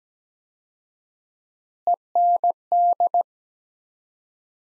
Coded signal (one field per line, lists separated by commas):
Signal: Morse code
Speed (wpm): 17 wpm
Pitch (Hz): 700 Hz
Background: none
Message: END